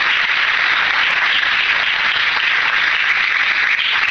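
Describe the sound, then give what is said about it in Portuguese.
A crowd at a night-time Christian worship service claps hands loudly and steadily throughout, the dense overlapping claps forming a continuous bright wash of applause with no voices standing out. “Mais forte as palmas.”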